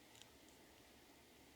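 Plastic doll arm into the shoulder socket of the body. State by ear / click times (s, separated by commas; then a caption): not seated / none. A plastic doll arm is being handled against the shoulder socket of the doll's body, ready to be popped on. Only faint handling noise and a small tick near 0.2 s are heard over a steady low background. Nothing has seated or clicked yet.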